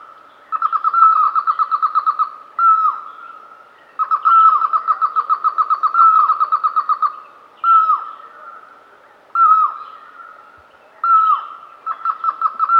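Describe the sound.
Red-vented barbet duet: runs of quick pulsed notes alternating with downslurred notes, repeated throughout.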